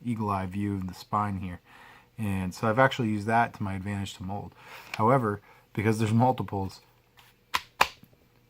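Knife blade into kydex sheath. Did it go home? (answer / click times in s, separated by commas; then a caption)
yes / 7.6 s, 7.8 s. A knife blade is pushed into a custom molded kydex sheath whose retention catches on the blade grooves. Someone talks for most of the clip, then two sharp clicks come at 7.5 and 7.8 seconds as the knife seats in the sheath.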